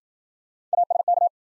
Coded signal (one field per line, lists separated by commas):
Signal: Morse code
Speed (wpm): 53 wpm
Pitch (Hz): 700 Hz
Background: none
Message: ASK